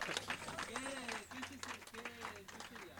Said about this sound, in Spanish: Ahí está, aplauden las multitudes. ¡Aplauden las multitudes! ¡Vamos, ahí está!